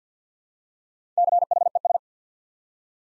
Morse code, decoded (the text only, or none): CHES